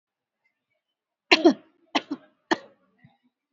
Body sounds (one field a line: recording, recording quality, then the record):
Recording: shallow voluntary cough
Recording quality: excellent, no background noise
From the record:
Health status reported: exposed to COVID-19, no respiratory illness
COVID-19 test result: negative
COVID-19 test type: RT-PCR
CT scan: taken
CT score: 25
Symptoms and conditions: fever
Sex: female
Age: 51 years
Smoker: no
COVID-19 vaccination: both doses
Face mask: worn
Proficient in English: yes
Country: India